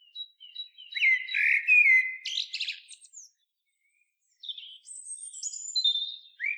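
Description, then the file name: Common blackbird singing a low, fluty whistled phrase that breaks into scratchy high notes, then after a brief pause a thin, high-pitched twittering flourish. "Turdus merula"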